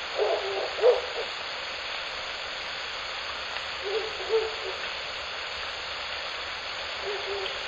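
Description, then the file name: Owl hooting, soft low hoots in two small clusters near the start and middle, with a lone later hoot, over steady hiss. At night, Shōnen no Mori, 16 May 2021, 21:09. "フクロウ番 2105162109 少年の森"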